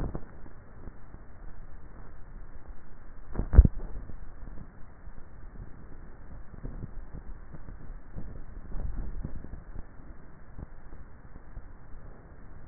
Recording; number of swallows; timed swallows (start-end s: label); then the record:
swallowing sounds by neck microphone; 2
3.35-4.42 s: swallow
8.85-9.88 s: swallow
From the record:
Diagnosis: dysphagia